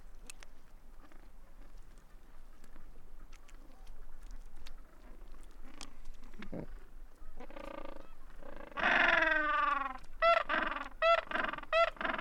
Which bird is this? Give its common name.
Gentoo Penguin